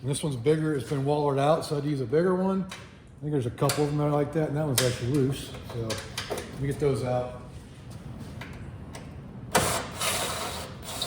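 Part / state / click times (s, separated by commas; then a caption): front screw in its threaded hole on the car body / stripped / none. Someone talks while working on one of the non-original screws across the front of a car, a screw that was already loose in its wallered-out threaded hole in the body. Brief sharp ticks come at about 8.4 s and 9.0 s, a louder, longer, broadband burst of work noise at about 9.6 s, and a final tick near 11.0 s, as the screw spins without biting. Nothing seats or clicks: the hole is completely stripped out.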